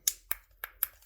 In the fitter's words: And most things click. The back side doesn't click very well because I